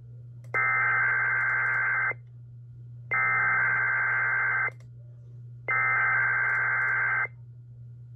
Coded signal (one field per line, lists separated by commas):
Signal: Emergency Alert System (SAME) tones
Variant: header bursts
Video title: EAS 1063: KDKA EAS Test